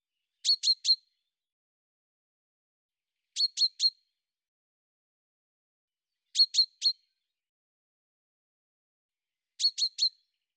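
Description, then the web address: Bird chirps: four evenly spaced bursts, each of three rapid high notes, arriving about every three seconds against silence. "cianscape birddata Deverinetal 2025 Bird Fr Co"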